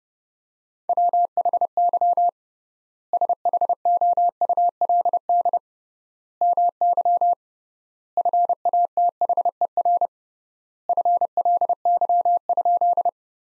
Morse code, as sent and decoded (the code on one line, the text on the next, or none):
.-- .... -.-- / ... .... --- ..- .-.. -.. / -- -.-- / ..-. .- - .... . .-. / ..-. .-.. -.-- ..--..
WHY SHOULD MY FATHER FLY?